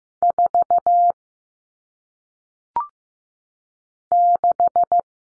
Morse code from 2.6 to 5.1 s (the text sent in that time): 6